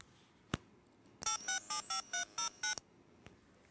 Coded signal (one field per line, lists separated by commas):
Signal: DTMF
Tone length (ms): 120 ms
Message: 8675309